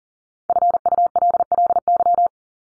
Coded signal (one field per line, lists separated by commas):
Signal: Morse code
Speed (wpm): 40 wpm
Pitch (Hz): 700 Hz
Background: none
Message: FULLY